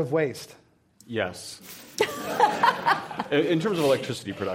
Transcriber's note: laughter